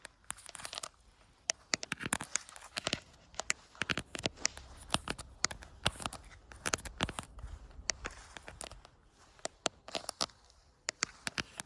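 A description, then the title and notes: Sharp tapping on an outdoor camera, with dense, irregular bursts of clicks and crisp knocks running through the whole stretch. Some taps come in quick clusters, others stand alone, all bright and dry. A faint crinkly rustle sits underneath between hits. ASMR Outdoor Camera Tapping! No Talking.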